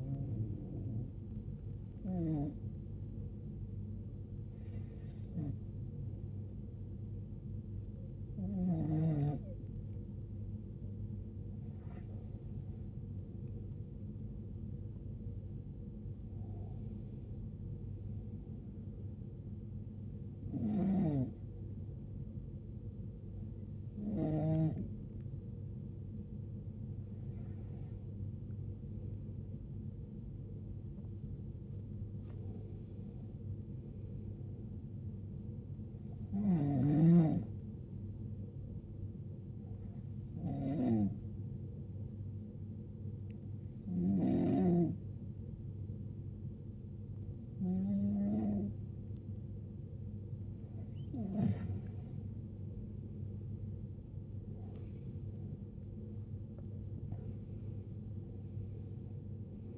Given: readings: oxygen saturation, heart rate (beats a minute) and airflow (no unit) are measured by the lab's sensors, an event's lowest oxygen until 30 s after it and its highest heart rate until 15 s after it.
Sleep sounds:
breathing in sleep by a smartphone at the bedside; none
none scored
From the record:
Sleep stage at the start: N1 (lightest sleep); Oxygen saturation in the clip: 94 to 95%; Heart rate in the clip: 71 to 92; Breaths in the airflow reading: 15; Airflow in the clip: -13.4 to 15.4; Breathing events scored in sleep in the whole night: 389 in 6.3 hours asleep

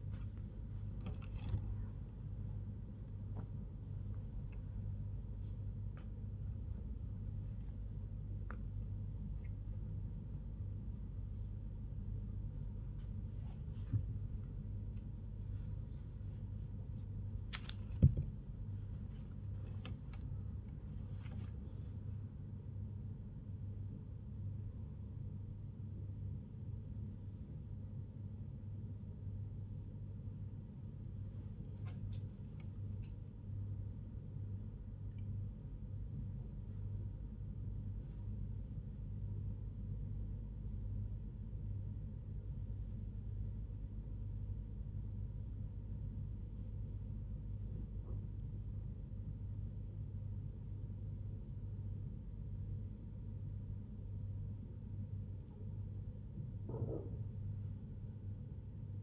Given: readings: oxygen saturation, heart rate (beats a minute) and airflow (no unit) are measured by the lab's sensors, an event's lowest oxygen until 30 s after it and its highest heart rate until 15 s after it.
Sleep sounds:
a person awake in a sleep study, by a smartphone at the bedside; none
none scored
From the record:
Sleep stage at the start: awake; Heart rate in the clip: 85 to 99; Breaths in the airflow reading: 12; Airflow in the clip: -5.6 to 5.9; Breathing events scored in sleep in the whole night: 158 in 7.3 hours asleep

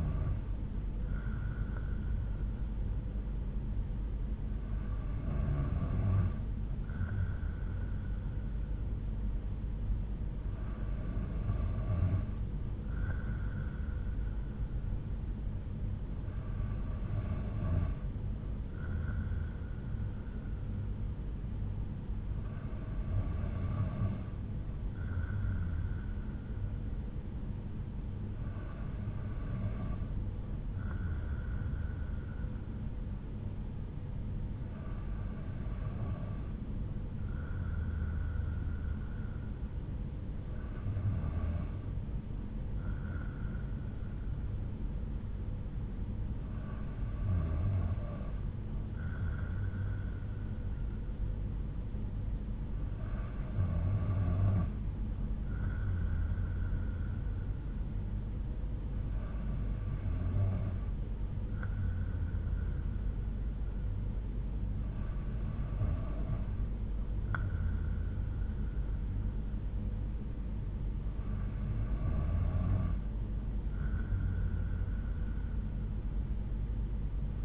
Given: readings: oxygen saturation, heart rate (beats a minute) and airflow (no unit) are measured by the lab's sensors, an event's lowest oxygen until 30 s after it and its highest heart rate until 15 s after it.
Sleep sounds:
breathing in sleep by a smartphone at the bedside; none
none scored
From the record:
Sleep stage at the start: N2 (light sleep); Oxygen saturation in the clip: 92 to 93%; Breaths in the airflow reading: 13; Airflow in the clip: -3.6 to 3.2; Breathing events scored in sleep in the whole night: 368 in 8.0 hours asleep

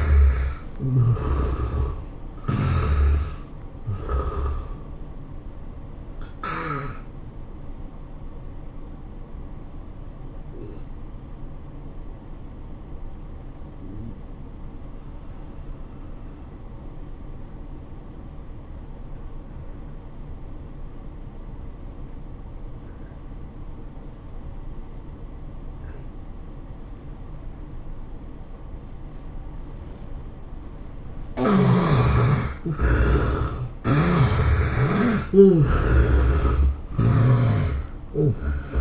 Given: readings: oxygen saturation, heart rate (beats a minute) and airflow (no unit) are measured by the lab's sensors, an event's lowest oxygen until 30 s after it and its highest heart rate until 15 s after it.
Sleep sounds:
breathing in sleep by a smartphone at the bedside; 1
9.00-31.00 s: obstructive apnea (N2, oxygen 97% highest, then 73% lowest, heart rate 99 at the start, 108 highest)
11.00-38.81 s: new sleep stage, N1 (lightest sleep)
From the record:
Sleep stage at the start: N2 (light sleep); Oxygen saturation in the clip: 74 to 97%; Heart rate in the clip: 88 to 105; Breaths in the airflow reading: 5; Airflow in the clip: -14.4 to 12.4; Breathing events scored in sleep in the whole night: 403 in 5.5 hours asleep

